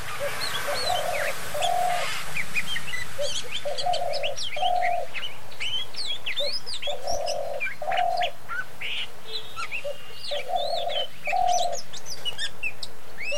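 Oriental magpie-robin delivering varied fluty whistles and upslurred notes, while paired low notes from another bird repeat throughout.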